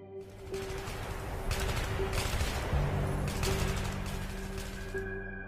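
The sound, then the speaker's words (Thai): A rapid burst of AK-47 automatic rifle fire in a jungle, a dense rattling stream of gunshots that carries on steadily for several seconds over a low background hum, with no talking. “ยังไม่ทันที่ทุกคนจะลุกขยับเสียงปืน AK-47 ก็แผดเสียงคำรามขึ้น”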